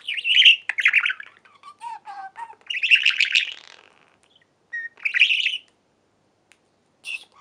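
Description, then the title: Budgerigar chatter: loud scratchy warbled bursts at the start, around three seconds and five seconds, low whistled notes between, then a short squeak. "Budgie Sounds"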